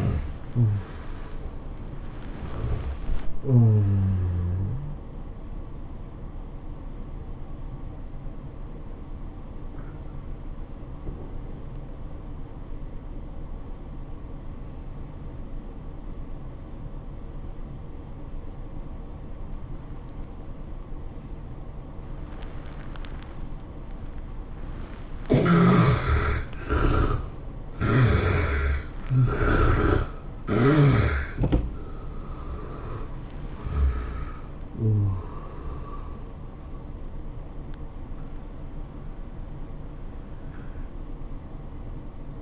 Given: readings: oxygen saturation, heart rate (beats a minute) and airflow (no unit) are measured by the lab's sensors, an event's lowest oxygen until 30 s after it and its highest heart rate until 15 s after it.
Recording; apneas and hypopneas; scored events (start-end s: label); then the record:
a person awake in a sleep study, by a smartphone at the bedside; 1
3.00-33.00 s: new sleep stage, awake
4.00-42.42 s: awake
5.00-28.60 s: hypopnea (scored as awake, oxygen 97% highest, then 75% lowest, heart rate 107 at the start, 107 highest)
33.00-42.42 s: new sleep stage, N1 (lightest sleep)
From the record:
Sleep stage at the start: N2 (light sleep); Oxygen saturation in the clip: 73 to 97%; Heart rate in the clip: 81 to 109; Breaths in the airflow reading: 6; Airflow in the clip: -11.3 to 11.7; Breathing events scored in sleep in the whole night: 403 in 5.5 hours asleep